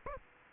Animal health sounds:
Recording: mosquito wingbeat signal from an infrared sensor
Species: Aedes aegypti

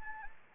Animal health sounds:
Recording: mosquito wingbeat signal from an infrared sensor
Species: Anopheles gambiae

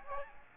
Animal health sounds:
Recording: mosquito wingbeat signal from an infrared sensor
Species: Aedes aegypti

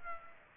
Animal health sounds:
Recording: mosquito wingbeat signal from an infrared sensor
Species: Aedes aegypti

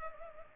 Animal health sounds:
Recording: mosquito wingbeat signal from an infrared sensor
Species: Culex pipiens

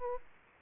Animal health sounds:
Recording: mosquito wingbeat signal from an infrared sensor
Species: Aedes aegypti

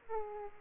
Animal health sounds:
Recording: mosquito wingbeat signal from an infrared sensor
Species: Aedes aegypti

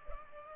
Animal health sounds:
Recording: mosquito wingbeat signal from an infrared sensor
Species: Culex pipiens

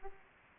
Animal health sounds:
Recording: mosquito wingbeat signal from an infrared sensor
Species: Aedes aegypti

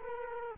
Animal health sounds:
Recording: mosquito wingbeat signal from an infrared sensor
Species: Culex quinquefasciatus

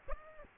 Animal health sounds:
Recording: mosquito wingbeat signal from an infrared sensor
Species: Aedes aegypti

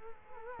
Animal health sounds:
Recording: mosquito wingbeat signal from an infrared sensor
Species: Culex quinquefasciatus

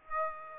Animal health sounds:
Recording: mosquito wingbeat signal from an infrared sensor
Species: Aedes aegypti

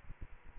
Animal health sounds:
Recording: mosquito wingbeat signal from an infrared sensor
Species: Aedes aegypti

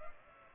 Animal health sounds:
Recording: mosquito wingbeat signal from an infrared sensor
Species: Culex pipiens

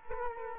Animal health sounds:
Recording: mosquito wingbeat signal from an infrared sensor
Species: Culex quinquefasciatus

